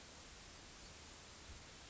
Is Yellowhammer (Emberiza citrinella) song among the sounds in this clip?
no